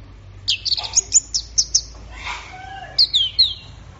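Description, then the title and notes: Orange-headed thrush song, a quick series of high clipped notes, a softer scratchy passage, then more sliding whistles. Bird in full song (gacor), used for training songbirds. "Anis Merah Gacor Teler Untuk. Kumpulan Suara Burung Anis"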